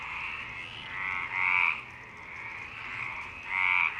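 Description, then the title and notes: Frog croaks: two loud buzzy calls about two seconds apart over a soft, continuous background chorus of other frogs. Frogs in Parc Longchamp, Marseille, Provence-Alpes-Côte d'Azur, France, 26 March 2011 at 19:35; recorded with a MixPre-6 and Basic UCHO. "Marseille, Provence-Alpes-Côte d'Azur, France - 26_03_11_19_35 Longchamps grenouilles. Grenouilles au parc de Longchamp MIXPRE 6 + BASIC UCHO"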